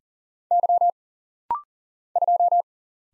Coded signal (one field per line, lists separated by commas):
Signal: Morse code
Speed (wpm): 40 wpm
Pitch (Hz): 700 Hz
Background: none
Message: Y 2